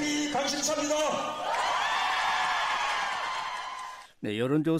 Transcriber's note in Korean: 환호 소리